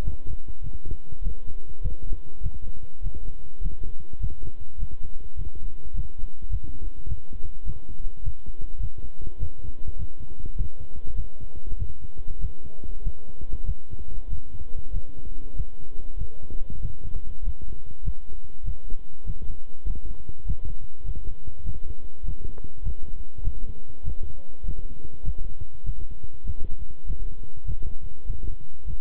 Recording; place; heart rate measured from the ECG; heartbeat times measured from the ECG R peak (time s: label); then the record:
heart sounds by stethoscope; between the tricuspid and mitral areas; 100 bpm
0.03 s: heartbeat
0.61 s: heartbeat
1.21 s: heartbeat
1.81 s: heartbeat
2.41 s: heartbeat
3.01 s: heartbeat
3.60 s: heartbeat
4.19 s: heartbeat
4.78 s: heartbeat
5.36 s: heartbeat
5.93 s: heartbeat
6.49 s: heartbeat
7.07 s: heartbeat
7.64 s: heartbeat
8.22 s: heartbeat
8.79 s: heartbeat
9.38 s: heartbeat
9.96 s: heartbeat
10.55 s: heartbeat
11.14 s: heartbeat
11.77 s: heartbeat
12.39 s: heartbeat
13.02 s: heartbeat
13.64 s: heartbeat
14.28 s: heartbeat
14.91 s: heartbeat
15.54 s: heartbeat
16.16 s: heartbeat
16.80 s: heartbeat
17.42 s: heartbeat
18.02 s: heartbeat
18.63 s: heartbeat
19.24 s: heartbeat
19.85 s: heartbeat
20.44 s: heartbeat
21.04 s: heartbeat
21.63 s: heartbeat
22.23 s: heartbeat
22.82 s: heartbeat
23.42 s: heartbeat
24.03 s: heartbeat
24.63 s: heartbeat
25.23 s: heartbeat
25.84 s: heartbeat
26.44 s: heartbeat
27.05 s: heartbeat
27.64 s: heartbeat
28.25 s: heartbeat
28.85 s: heartbeat
From the record:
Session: walking at 3.7 km/h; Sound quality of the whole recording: good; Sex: male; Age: 26 years